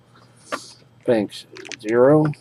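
A RAM stick is handled at the motherboard DIMM slot for bank 0, with a brief sharp sound near 0.5 s followed by someone talking. The memory stick has not seated or clicked into the slot yet.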